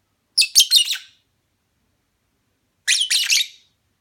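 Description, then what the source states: Lovebird chirps: a burst of three or four harsh, high chirps, a pause of nearly two seconds, then another short burst of similar chirps. Mating call.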